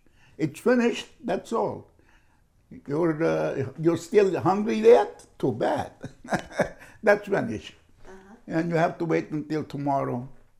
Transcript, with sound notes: It's finished, that's all. You're still -- you're still hungry there? Too bad. (laughs) That's finished, and you have to wait until tomorrow.